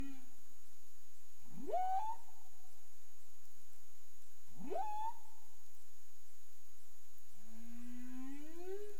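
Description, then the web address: Humpback whale calls: two fast rising whoops sweeping from low to high about three seconds apart, then a slow upward moan with rich harmonics, over a steady faint electronic whine. Recorded in the Caribbean on 30 April 2035 at 03:11 UTC. "CARIMAM. humpback whale"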